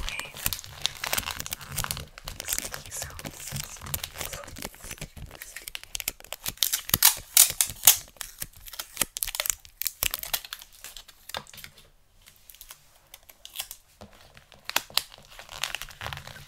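Gift wrapping paper crinkles and rustles in dense, irregular bursts, with sharp crisp spikes clustering around seven to eight seconds. The handling comes in uneven waves with brief quiet gaps near ten, twelve and fourteen seconds, and a faint low hum sits underneath throughout.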